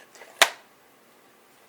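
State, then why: Seated. A sliding tray in a Chameleon Whistle Case MK I is pushed home against its spring plunger detent after the adjustment screw was given a slight turn to tighten the spring tension so the tray would not slide out. A faint soft sound at 0.1 s precedes a sharp, bright click at 0.4 s that decays within about 0.2 s. The tray seats with a crisp detent click.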